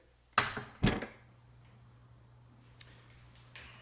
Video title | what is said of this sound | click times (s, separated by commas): Two ShopMade Mobile Tool Bases | Clicks in place works great | 0.4 s